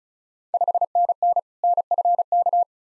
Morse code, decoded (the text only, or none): 5NN NFK